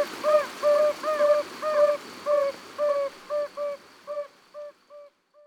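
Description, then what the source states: Yellow-bellied toads calling, short soft hooting notes repeated about twice a second, fading out toward the end over a faint steady hiss. Glueyre valley, Ardèche.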